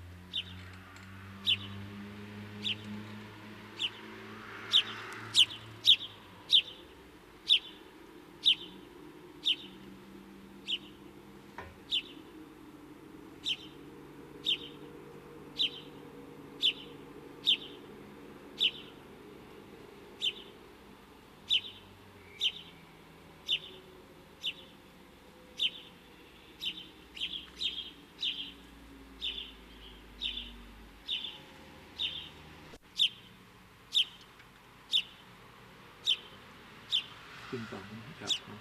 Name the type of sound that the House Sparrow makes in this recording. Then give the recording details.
call. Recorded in the wild. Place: Hettenleidelheim, Rheinland-Pfalz, DE. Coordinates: 49.5353, 8.07278. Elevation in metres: 252. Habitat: garden. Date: 1975-08-24. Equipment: Nagra IV, Sennheiser MKH 405, Parabolreflektor. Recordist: Tretzel, Erwin